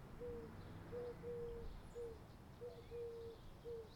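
Birds: bird calls as flat, low whistles of varying length, coming in uneven runs with short gaps, faint high chirps above and steady low background noise.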